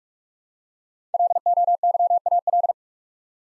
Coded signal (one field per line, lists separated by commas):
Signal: Morse code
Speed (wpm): 44 wpm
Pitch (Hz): 700 Hz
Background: none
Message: LOYAL